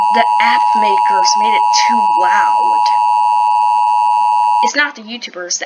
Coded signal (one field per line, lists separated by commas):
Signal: Emergency Alert System (SAME) tones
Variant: 853 and 960 Hz attention tone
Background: speech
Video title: Reacting To EAS Scenarios By HRW 200